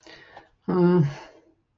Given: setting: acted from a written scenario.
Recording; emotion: vocal sound without words; neutral